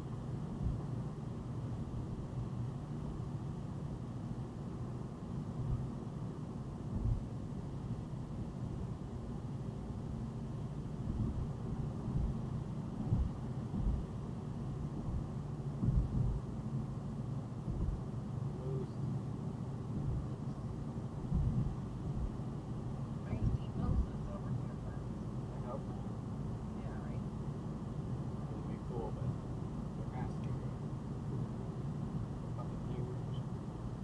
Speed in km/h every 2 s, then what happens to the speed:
95, 97, 97, 98, 100, 98, 97, 93, 92, 92, 92, 93, 95, 97, 100, 101, 101.
0-9 steady at about 97. 9-20 slows to 92. 20-34 speeds up to 101.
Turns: none.